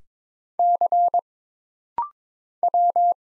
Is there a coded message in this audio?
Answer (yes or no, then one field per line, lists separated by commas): yes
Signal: Morse code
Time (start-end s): 0.6-3.1 s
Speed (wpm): 22 wpm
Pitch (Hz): 700 Hz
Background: none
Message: C W